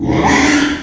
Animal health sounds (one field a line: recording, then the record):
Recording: squeal of a Yucatan mini pig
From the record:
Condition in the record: after surgery on the right vocal fold (resection and tissue-engineered implant)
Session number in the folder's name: 3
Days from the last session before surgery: 33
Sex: male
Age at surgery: 12 weeks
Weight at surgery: 13 kg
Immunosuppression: cyclosporine, prednisolone